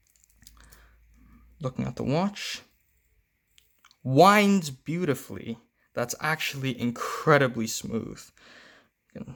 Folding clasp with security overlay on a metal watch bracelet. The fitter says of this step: get a nice click on that with a security overlay